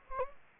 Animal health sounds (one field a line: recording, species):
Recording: mosquito wingbeat signal from an infrared sensor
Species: Anopheles gambiae